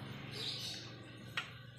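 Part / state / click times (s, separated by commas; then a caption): spring-loaded brake part locking into the front disc brake assembly / seated / 1.4 s. A spring-loaded brake part is pushed into its lock on the front disc brake assembly of a Suzuki Jimny/Katana, held close so the click can be heard. Over a steady low hum and hiss, one sharp click at 1.4 s marks the part seating, a click it makes because it is spring-driven. The part is confirmed locked in place.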